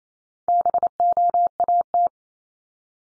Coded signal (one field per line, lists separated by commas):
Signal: Morse code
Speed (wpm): 28 wpm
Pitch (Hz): 700 Hz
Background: none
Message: BOAT